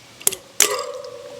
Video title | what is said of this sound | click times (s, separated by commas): How to Set Up the Doggyhut S-Line + Real Test Ride With Our Dog! | There. Okay. And that's and and then this bolt right here is actually locked in | 0.3 s, 0.6 s